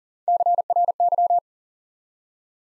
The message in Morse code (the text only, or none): CRY